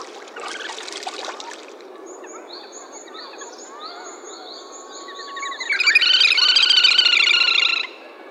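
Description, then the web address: Little grebe trilling call: a loud, rapid whinnying trill of about two seconds near the end, over steady high repeated notes from other birds and earlier chattering. 24 April 2014. "birdenaga kaituburi 140424"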